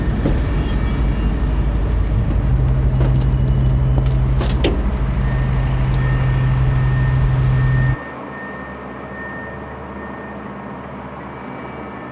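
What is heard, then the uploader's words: A field recording around Telliskivi with a heavy, steady vehicle rumble and a strong low hum through the first eight seconds, broken by a few sharp clicks and knocks near the three to five second mark. At about eight seconds the engine noise cuts off abruptly, leaving a quieter, steady background hum. In July of 2013 I made a series of field recordings around Telliskivi for a friend who was collecting material on 'soundscapes of creative industries'.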